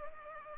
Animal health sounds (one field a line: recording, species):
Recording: mosquito wingbeat signal from an infrared sensor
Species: Culex pipiens